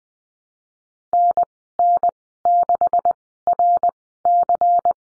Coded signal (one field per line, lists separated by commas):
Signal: Morse code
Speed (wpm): 20 wpm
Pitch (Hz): 700 Hz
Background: none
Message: NN6RC